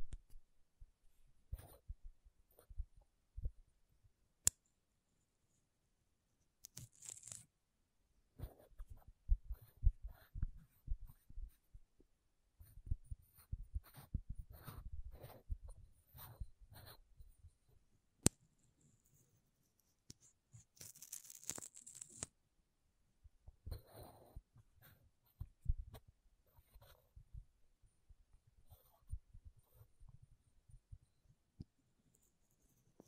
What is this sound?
MAKEUP TAPPING & SCRATCHING